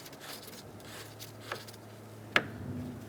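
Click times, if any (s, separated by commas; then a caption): 2.4 s. A plastic coolant reservoir cap is screwed onto the coolant expansion tank of a 2012–2018 Ford Focus over a steady low hum, with a faint tap at 1.5 s. A sharp click at 2.4 s marks the cap seating closed.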